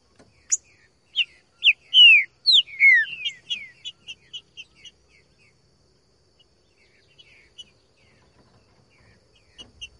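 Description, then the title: Green-winged Saltator singing a rapid run of bright descending whistles and chips over about four seconds, then mostly quiet with a few faint chip notes. Sung in the bush; recording meant to prompt a trinca-ferro to sing; song style called 'voz 10'. "Canto De Trinca Ferro Voz 10. TRINCA FERRO CANTANDO NO MATO. ESQUENTAR TRINCA FERRO"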